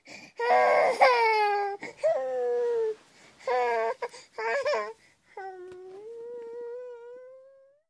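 An infant cries in several bursts with short pauses between them. The cry is high and wailing, with pitch falling at the end of each burst. The last sound is a softer, drawn-out whimper.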